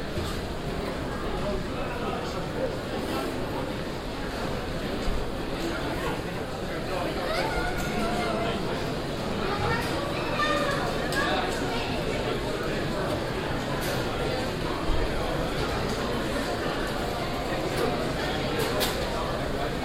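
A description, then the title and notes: Steady crowd murmur in the boarding area at Eindhoven Airport, with many overlapping voices blending into a dense, continuous chatter. Occasional brief clicks and knocks stand out, notably near five and fifteen seconds, while the overall level stays even throughout. Eindhoven Airport. Waiting in the boarding area.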